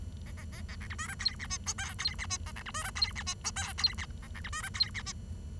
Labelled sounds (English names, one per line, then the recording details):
Bengalese Finch song
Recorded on 23 June 2012 at 07:46
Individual gr41rd51